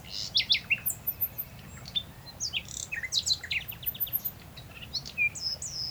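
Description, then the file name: Common nightingale singing a quick series of high chirps and short whistled notes, with a faint constant low rumble underneath. "Luscinia megarhynchos"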